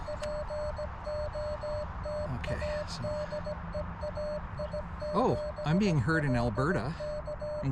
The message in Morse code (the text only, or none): POTA DE AI7LK